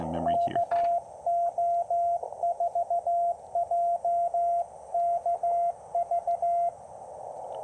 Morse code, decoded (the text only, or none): KO4JKV